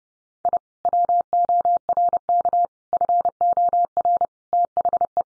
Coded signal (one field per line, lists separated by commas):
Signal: Morse code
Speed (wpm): 30 wpm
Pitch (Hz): 700 Hz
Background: none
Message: I WORK FOR THE